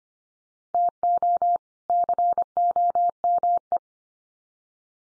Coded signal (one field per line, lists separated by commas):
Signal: Morse code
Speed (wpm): 25 wpm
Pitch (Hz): 700 Hz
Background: none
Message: TO COME